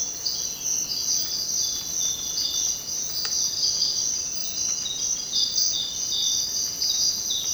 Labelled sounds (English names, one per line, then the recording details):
none
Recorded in secondary vegetation near Puerto Asís, Putumayo, Colombia, on 19 February 2024 at 06:00
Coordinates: 0.472, -76.331
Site G6371